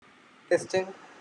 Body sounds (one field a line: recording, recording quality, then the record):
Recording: sustained vowel as in made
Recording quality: poor, much background noise or distortion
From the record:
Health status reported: healthy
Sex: male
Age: 26 years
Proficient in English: yes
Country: India